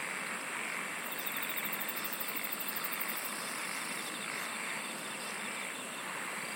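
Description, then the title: Many insects singing together, a constant buzzy wash with a fast ticking trill at the top for the first few seconds and fainter pulsed chirps below. "SINGING OF INSECTS"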